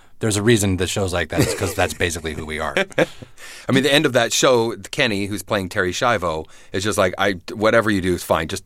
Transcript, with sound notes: There's a reason the show is like because that's basically who we are. (Soundbite of laughter) I mean the end of that show Kenny, who's playing Terri Schiavo, is just like whatever you do is fine.